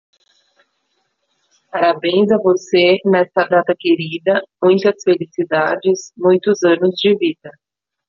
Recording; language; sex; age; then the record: short text; Brazilian Portuguese; female; 40 to 49 years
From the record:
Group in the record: control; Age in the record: 47 years